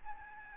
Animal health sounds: mosquito wingbeat signal from an infrared sensor; Aedes albopictus

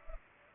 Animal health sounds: mosquito wingbeat signal from an infrared sensor; Culex pipiens

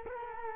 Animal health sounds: mosquito wingbeat signal from an infrared sensor; Culex quinquefasciatus

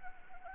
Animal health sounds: mosquito wingbeat signal from an infrared sensor; Anopheles arabiensis

